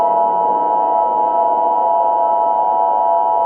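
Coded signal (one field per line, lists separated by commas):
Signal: Emergency Alert System (SAME) tones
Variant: 853 and 960 Hz attention tone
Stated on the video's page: Fictional EAS scenario of a nuclear anti-matter attack, an alternative-timeline recreation.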